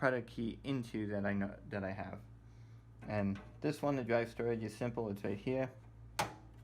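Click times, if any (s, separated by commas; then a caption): 6.2 s. A hot-swap hard drive tray is slid into the drive storage bay and clicks into place at 6.2 s, a short sharp click heard after someone talks. The tray is seated.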